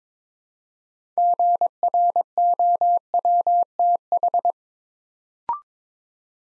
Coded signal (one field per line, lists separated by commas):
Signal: Morse code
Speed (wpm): 22 wpm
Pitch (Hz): 700 Hz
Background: none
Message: GROWTH